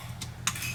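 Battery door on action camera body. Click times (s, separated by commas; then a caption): 0.5 s. After the battery and SD card are inserted, the plastic battery/card side door on a GoPro Hero 11 Black action camera body is pushed closed. A soft tick at 0.2 s is followed by a sharp click at 0.5 s as the door latches shut.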